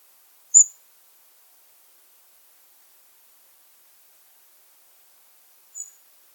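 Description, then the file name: European robin producing two thin, high-pitched call notes about five seconds apart against silence. "Erithacus rubecula"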